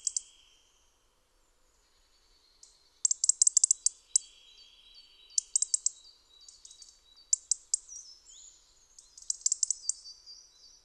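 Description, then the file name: European robin calling with brief sharp notes, a pause, then repeated bursts of high, rapid chirps interspersed with thin, sliding whistles. "Erithacus rubecula"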